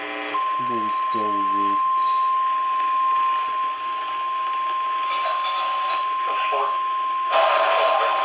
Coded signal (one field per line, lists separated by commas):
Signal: Emergency Alert System (SAME) tones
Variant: 1050 Hz attention tone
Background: speech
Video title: THE TORNADOES IS COMPLETELY OF NIGHT OF FLUUDZ... EAS Alerts From 4/27/24 - 4/28/24 (EAS#959 - #981)